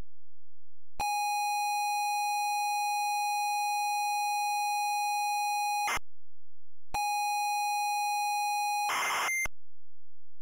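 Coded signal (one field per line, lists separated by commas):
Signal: ZX Spectrum tape loading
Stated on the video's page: ZX Spectrum game tape loading screen.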